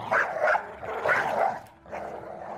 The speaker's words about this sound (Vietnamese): Chỉ biết mỗi lần hãy gặp nó đều như là chó điên không ngừng hướng về phía Cẩm mà sủa.